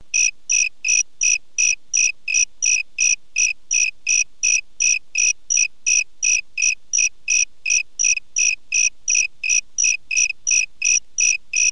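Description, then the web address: Cricket gives a steady train of brief, shrill pulsed chirps, nearly three per second and very regular, over a quiet background. "le bruit des grillons"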